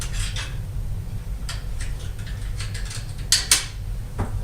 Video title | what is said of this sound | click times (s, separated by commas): Zenius ID Printer Cleaning - California ID Badges - California ID Cards - ID Printer Systems | snaps in place and by the time you're done with that your printhead's dry | 3.3 s, 3.5 s